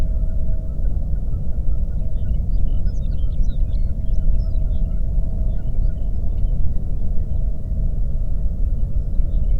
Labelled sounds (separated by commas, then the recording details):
songbird, waterfowl, flare stack
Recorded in the Prudhoe Bay oil fields, Alaska, on 22 May 2019 at 01:30
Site 25